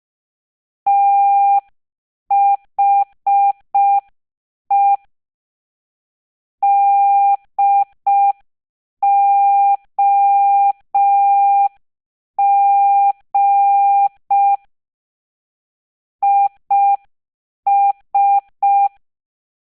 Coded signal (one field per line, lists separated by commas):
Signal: Morse code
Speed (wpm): 5 wpm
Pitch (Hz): 800 Hz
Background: none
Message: THE DOG IS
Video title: #3 Morse Code Practice 5 WpM